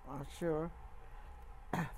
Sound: clears throat

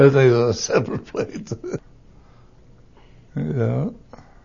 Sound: he laughs

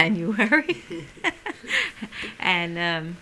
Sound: she laughs

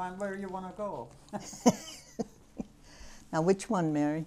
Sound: she laughs

